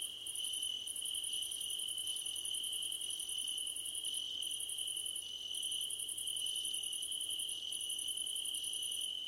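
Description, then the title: Crickets chirping in a dense chorus: a steady high ringing tone under a shrill pulsed trill that comes in bursts separated by short gaps. Night-time cricket ambience under a starlit sky. "Nighttime Ambience with Crickets"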